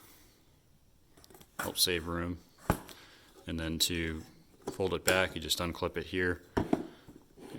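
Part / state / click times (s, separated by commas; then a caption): side-folding stock latch on a rifle receiver / released / 6.6 s. Someone talks while unclipping the latch on the side-folding stock of a Riley Defense RAK 74 (C-SF) rifle receiver so the stock can be folded back. A sharp click of the latch releasing is heard at 6.6 s, followed by a second click shortly after.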